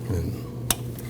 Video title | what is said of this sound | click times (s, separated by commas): How to Replace Valve Cover Gasket Set 2003-2008 Subaru Forester 2.5L H4 | Make sure you hear the click on that. | 0.7 s